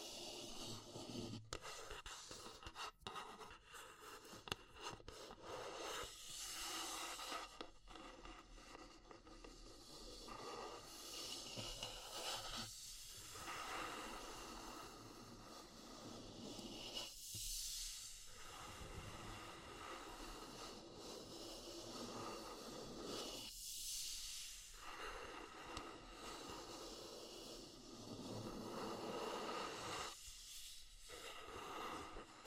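Wood, bamboo and straw handled in a dense, continuous stream of crackling, rustling and scraping, with sharp ticks and taps scattered throughout. Brief brighter swishes recur every few seconds, near 13, 17, 24 and 30 seconds, over a steady hissy bed.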